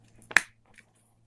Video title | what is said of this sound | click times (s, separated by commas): ख़राब Remote को सही करना सीखें ! How to repair old remote at home ! remote ! | तो चलिए इधर से भी मैं खोल दिया हूँ और साइड में इधर से भी मैं क्लिक करके इसे खोल लूँगा। | 0.4 s